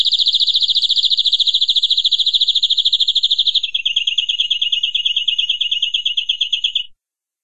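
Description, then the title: Canary delivering a very rapid, dense trill for three and a half seconds that switches abruptly to a slower, lower rolling trill lasting about three more seconds. Long-duration canary master recording used for training birds. "Masteran kenari"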